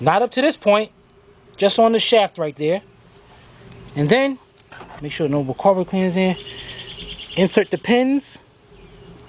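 Someone talks while handling a rear brake caliper slide pin on a 2007 Chevy Tahoe, about to push it into its rubber boot on the caliper bracket so the boot snaps onto the pin's little lip. Between the speech there is a steady low hum and a faint high tone, with one brief soft tick near 3.7 s. Nothing has seated or clicked yet.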